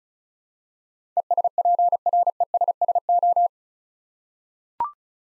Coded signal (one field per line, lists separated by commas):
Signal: Morse code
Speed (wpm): 36 wpm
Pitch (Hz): 700 Hz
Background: none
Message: ESPRESSO